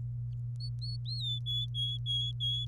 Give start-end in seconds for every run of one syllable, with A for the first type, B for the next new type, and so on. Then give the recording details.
0.60-1.39 A, 1.46-2.65 B. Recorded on 27 April 2018 at 06:19. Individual llb3